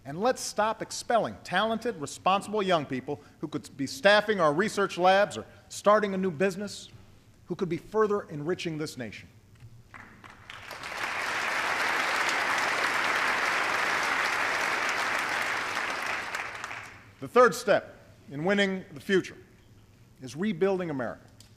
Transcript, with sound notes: And let’s stop expelling talented, responsible young people who could be staffing our research labs or starting a new business, who could be further enriching this nation. (Applause.) The third step in winning the future is rebuilding America.